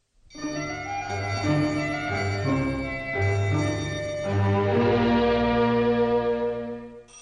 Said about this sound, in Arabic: إيه ده؟ مين اللي بيضرب جرس الباب بالشكل ده؟